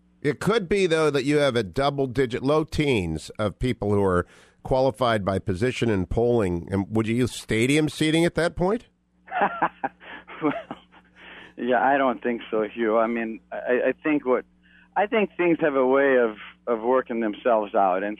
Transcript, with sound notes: It could be, though, that you have a double digit, low teens of people who are qualified by position and polling And would you use stadium seating at that point?
(laughing) Well, yeah, I don’t think so, Hugh. I mean, I think what, I think things have a way of working themselves out.